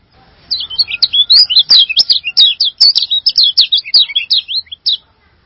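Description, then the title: Songbird giving a fast, high, twittering song of many short slurred notes packed closely together, lasting about four and a half seconds. "burung online"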